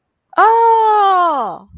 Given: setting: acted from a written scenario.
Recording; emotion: vocal sound without words; realization